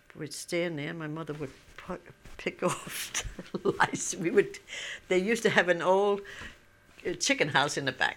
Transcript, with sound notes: we'd stand there. My mother would pick off the lice. ( she laughs ) We would, they'd used to have an old chicken house in the back.